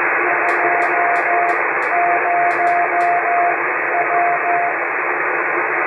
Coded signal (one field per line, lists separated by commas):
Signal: Morse code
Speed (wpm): 14 wpm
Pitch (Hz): 700 Hz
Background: radio noise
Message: 20W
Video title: CW vs SSB under noisy conditions: How do they compare?